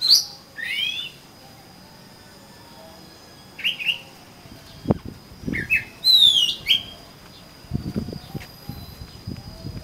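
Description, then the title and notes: Oriental magpie-robin giving scattered whistled and slurred notes, with a few low knocks and thumps in the background. "suara kacer. kumpulan suara burung kacer"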